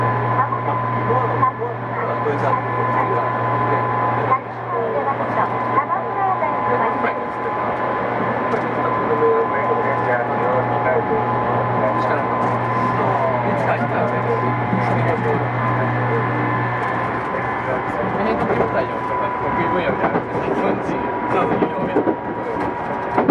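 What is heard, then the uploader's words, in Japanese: Inside a Tokyu 2000 series train running between Shibuya and Azamino, a steady rumbling hum fills the clip with a low drone that cuts out around seventeen seconds. Murmuring voices and scattered clicks and rattles continue throughout, with a few steady whining tones above. 東急2000系 渋谷〜あざみ野。急行運用を録音。ステンレス鋼製20m級軽量車体の4扉車である。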